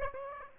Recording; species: mosquito wingbeat signal from an infrared sensor; Aedes aegypti